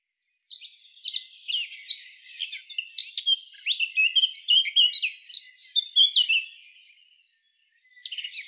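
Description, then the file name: Eurasian blackcap pouring out a long, hurried warble of mixed chirps and clear whistled notes, falling quiet around seven seconds, then starting again. "Sylvia atricapilla"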